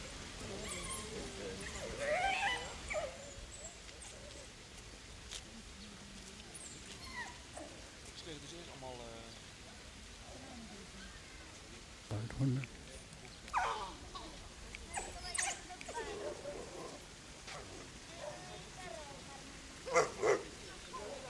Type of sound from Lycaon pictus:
aggressive call